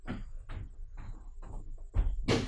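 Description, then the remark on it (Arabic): A door of an elegant palace room is pulled open abruptly as an older woman enters: a string of wooden knocks and rattles, then a sharper, louder burst of noise at the end. No one speaks. “يفتح الباب فجأة وتدخل منه سيدة متوسطة الطول متقدمة العمر، تمسك بيدها منظارا ذهبيا.”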